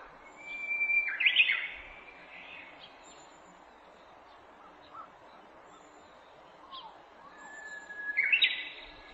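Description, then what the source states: Japanese bush warbler song, a sustained pure whistle ending in a short rich flourish, heard at the start and again near the end, with soft faint chirps between. Recorded on 18 April 2008.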